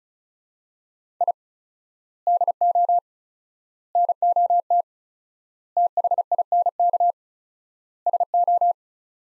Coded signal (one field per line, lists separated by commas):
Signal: Morse code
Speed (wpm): 36 wpm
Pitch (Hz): 700 Hz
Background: none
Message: I DO NOT THINK SO